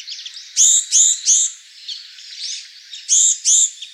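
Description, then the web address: Japanese tit calls: harsh buzzy notes in pairs and triplets, a group of three near the start and two more after three seconds, over soft high chatter. Recorded 18 January 2014. "birdenaga sijukara"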